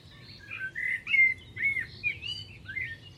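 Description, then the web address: Bird chattering in a continuous series of quick, swooping chirps over a faint low hum. "cianscape birddata Deverinetal 2025 Bird Only Tu Me"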